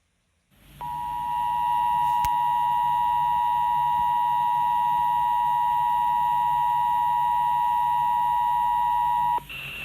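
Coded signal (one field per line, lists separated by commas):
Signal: Emergency Alert System (SAME) tones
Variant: 853 and 960 Hz attention tone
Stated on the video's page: EAS Required Monthly Test for Maryland.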